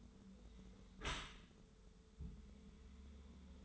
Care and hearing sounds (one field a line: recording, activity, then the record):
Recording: daily activity, microphone in the room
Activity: close dishwasher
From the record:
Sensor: 3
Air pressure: 1015.0 hPa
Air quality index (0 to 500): 36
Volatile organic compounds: 1 ppm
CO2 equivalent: 566 ppm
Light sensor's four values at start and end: 11/26/11/11 and 11/26/11/11